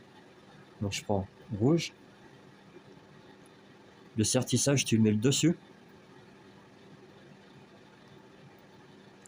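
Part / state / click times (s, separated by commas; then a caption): crimped wire terminal into stepper motor connector housing / seated / 9.3 s. A crimped terminal on the red wire is pushed into the plastic connector housing for a CNC stepper motor until its retaining tab catches. Someone talks over a quiet background, then a small click comes at 9.3 s as the pin locks inside the housing.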